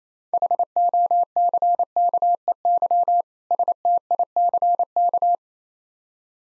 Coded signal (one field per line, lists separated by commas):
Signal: Morse code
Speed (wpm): 27 wpm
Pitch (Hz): 700 Hz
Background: none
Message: HOCKEY STICK